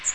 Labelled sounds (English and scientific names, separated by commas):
Magnolia Warbler (Setophaga magnolia) flight call